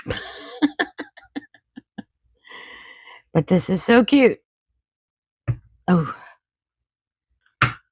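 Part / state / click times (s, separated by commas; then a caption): snap-in piece of a small assembled gadget kit / seated / 7.6 s. A snap-in piece of a small gadget kit is pushed into place while someone talks, with a few light taps in between. One loud snap at 7.6 s shows the piece has seated.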